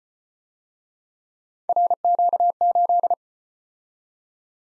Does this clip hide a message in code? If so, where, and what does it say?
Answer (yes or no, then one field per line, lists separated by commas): yes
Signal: Morse code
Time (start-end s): 1.7-3.1 s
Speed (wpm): 34 wpm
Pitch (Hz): 700 Hz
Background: none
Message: RQ8